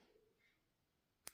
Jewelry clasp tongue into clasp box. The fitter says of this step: in. And usually you can hear a click.